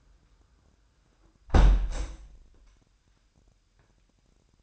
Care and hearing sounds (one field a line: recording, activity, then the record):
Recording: daily activity, microphone in the room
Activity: close window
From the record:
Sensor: 2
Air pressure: 998.0 hPa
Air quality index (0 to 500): 148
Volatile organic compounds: 4 ppm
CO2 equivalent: 1673 ppm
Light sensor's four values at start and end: 9/29/11/11 and 9/29/11/11